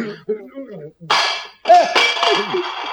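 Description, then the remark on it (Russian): A glass of tea slips from someone's clumsy hands, drops and shatters in two bright, crashing bursts with a clinking tail, while a voice keeps talking before and over the breakage. “Разбился стакан, невелика потеря.”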